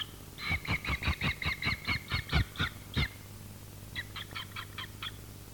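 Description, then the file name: Red-footed falcon chattering call: a fast run of shrill, ringing notes, then a shorter, softer burst after a brief pause, with a low steady hum underneath. "kobchik"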